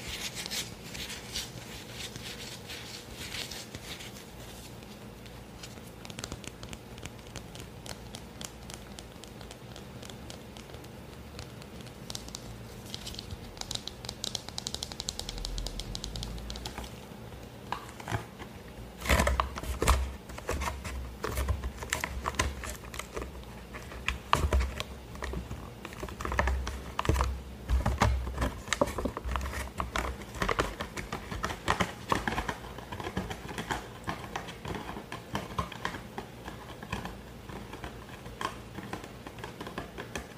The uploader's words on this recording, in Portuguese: ASMR com os objetos do meu cenário de vídeos e lives.